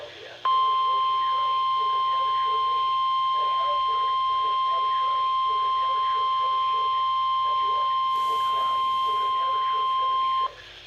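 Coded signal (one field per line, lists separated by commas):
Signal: Emergency Alert System (SAME) tones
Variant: 1050 Hz attention tone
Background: speech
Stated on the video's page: Required weekly tests from five NOAA weather radio transmitters in the Mount Holly, NJ forecast office area.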